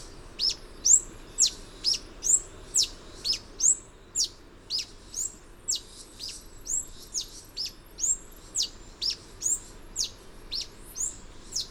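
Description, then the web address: Yellow-throated bush tanager giving very high, sharp chip notes, repeated steadily about twice per second throughout, over a faint background hiss. Recorded in Ecuador. "Birds of Ecuador Yellow-Throated Bush-Tanager"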